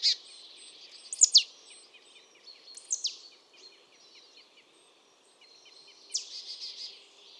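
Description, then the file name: Marsh tit calls: a few sharp high descending notes and a short buzzy chatter, with faint soft ticking notes between, over low steady background hiss. "Poecile palustris"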